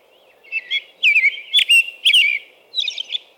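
American robin singing several whistled caroling phrases in quick order, followed by a softer twittering phrase, over a quiet low hum.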